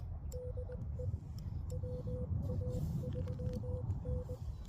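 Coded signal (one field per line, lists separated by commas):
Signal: Morse code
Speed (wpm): 20 wpm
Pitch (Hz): 500 Hz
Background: none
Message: DE WA3N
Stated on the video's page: Morse during a POTA and LLOTA park activation, using a QMX mid-band, X6200 with XPA125B amplifier, Putikeeg key and 20 m hamstick.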